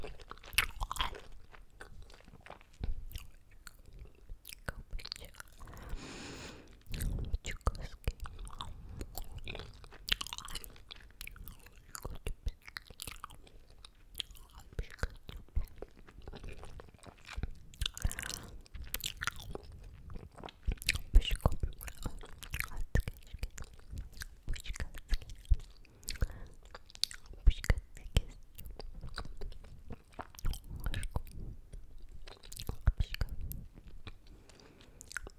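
Someone eats a lollipop candy, with steady wet sucking and frequent sharp crunchy bites and clicks scattered throughout the whole stretch.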